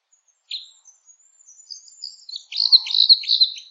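Red crossbill calls: one sharp chip, then scattered soft notes building into a fast, dense run of clipped calls at the end.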